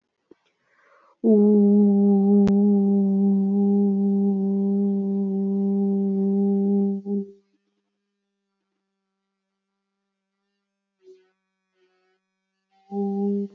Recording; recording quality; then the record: sustained vowel as in boot; excellent, no background noise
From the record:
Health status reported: healthy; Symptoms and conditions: none ticked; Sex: female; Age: 19 years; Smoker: not ticked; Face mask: not worn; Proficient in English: yes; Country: India